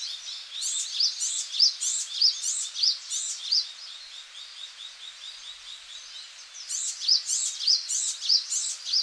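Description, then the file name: Japanese tit song: bright, high two-note phrases repeated in two bursts, over a continuous high twittering background. Recorded in Okinawa, Japan, on 11 March 2006. "sijuukara 060311 okinawa kaji"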